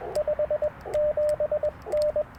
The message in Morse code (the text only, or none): 57N